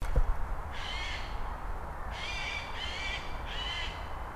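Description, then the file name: Eurasian jay rasping screeches, four harsh calls, the last three in quick succession, over low background rumble. "Garrulus glandarius"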